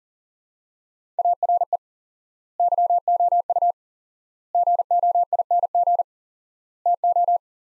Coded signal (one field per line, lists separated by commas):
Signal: Morse code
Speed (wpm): 37 wpm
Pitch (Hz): 700 Hz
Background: none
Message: ARE YOU GOING TO